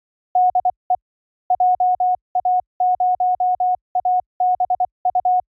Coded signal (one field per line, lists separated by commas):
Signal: Morse code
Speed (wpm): 24 wpm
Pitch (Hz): 730 Hz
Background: none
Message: DE JA0ABU